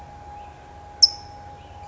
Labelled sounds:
California Towhee (Melozone crissalis)
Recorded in Sonoma County, California

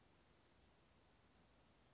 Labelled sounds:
Oak Titmouse (Baeolophus inornatus)
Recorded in Sonoma County, California

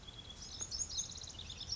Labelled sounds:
Pacific Wren (Troglodytes pacificus)
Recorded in Sonoma County, California

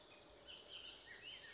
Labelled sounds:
Bullock's Oriole (Icterus bullockii)
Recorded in Sonoma County, California

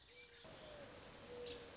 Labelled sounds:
Mourning Dove (Zenaida macroura)
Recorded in Sonoma County, California

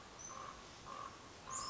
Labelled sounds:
Common Raven (Corvus corax)
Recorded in Sonoma County, California

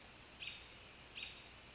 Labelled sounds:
American Robin (Turdus migratorius)
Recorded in Sonoma County, California

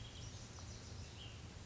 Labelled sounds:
Ash-throated Flycatcher (Myiarchus cinerascens)
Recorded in Sonoma County, California

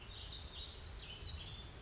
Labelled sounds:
Warbling Vireo (Vireo gilvus)
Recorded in Sonoma County, California

